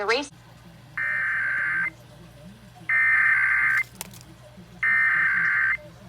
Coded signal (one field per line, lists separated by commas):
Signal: Emergency Alert System (SAME) tones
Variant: header bursts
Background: speech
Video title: Ventura County Required Monthly Test (EAS #502-504) 9/7/21